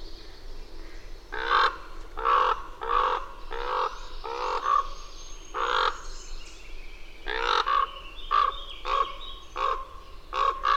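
Bird giving repeated rough caws in a series, with thin higher notes in the background.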